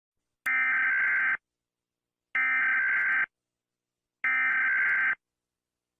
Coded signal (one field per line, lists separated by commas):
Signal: Emergency Alert System (SAME) tones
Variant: header bursts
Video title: Top 2 Puerto Rico Eas Alarm